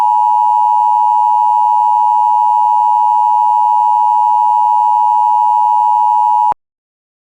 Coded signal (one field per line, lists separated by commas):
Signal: Emergency Alert System (SAME) tones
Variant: 853 and 960 Hz attention tone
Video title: Severe Thunderstorm Warning for Wheeler, Roberts, Hemphill, and Grey, TX (EAS #125)